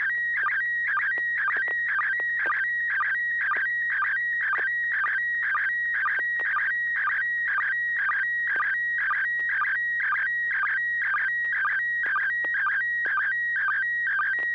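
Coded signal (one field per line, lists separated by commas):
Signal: SSTV (slow-scan television)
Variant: PD120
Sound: warbling high tone with steady stretches, short low blips about twice a second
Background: low hum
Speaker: Yes, you have tone now. Over. PD 120.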